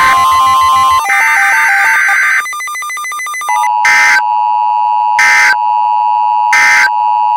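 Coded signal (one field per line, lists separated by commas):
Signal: Emergency Alert System (SAME) tones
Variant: end-of-message bursts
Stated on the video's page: Fictional scenario of a derecho storm, including a tornado emergency.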